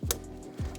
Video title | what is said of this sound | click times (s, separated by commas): How to install a new clutch | Like that, should hear a click. | 0.1 s